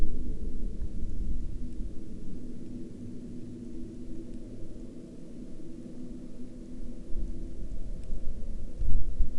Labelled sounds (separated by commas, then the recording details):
aircraft
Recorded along the Dempster Highway, Canada, on 26 March 2020 at 17:48
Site 16